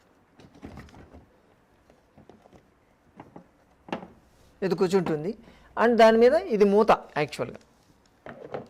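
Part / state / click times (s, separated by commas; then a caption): lid onto water container/filter body / seated / 8.5 s. A lid is placed on top of the seated inner part of a water container or filter unit and pressed down, locking onto it by itself. Someone talks, and small knocks and handling taps are heard between the words. A short click at 8.5 s marks the lid seating, finishing the job.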